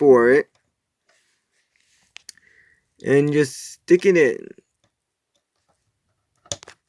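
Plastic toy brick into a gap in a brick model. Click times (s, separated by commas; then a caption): 6.5 s. Someone talks about pushing a small plastic building brick into a tiny gap in a brick model, onto a piece already there, while faint handling clicks sound around 2.2 and 2.3 seconds. A sharp click at 6.5 seconds marks the brick seating into the gap.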